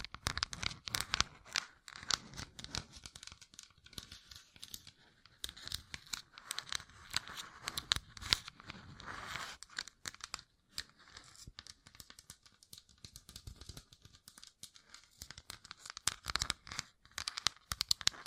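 Gem-covered fingertips tap and scratch in quick, irregular bursts of bright crackly clicks, dense throughout with brief pauses, tearing and crinkling in texture.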